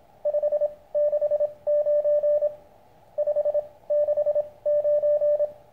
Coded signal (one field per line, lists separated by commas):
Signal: Morse code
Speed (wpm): 25 wpm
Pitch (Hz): 590 Hz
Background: none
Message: 569 569